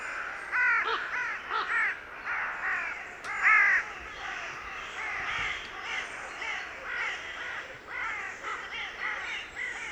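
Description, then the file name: Carrion crow gives several clear hoarse caws early on over a steady background of fainter, overlapping crow calls. "Corvus corone"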